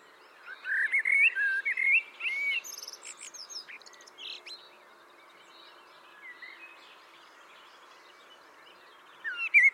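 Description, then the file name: Common blackbird song phrase of looping mellow whistles and high squeaks at the start, then a few softer scattered notes and a brief phrase at the end. "Turdus merula"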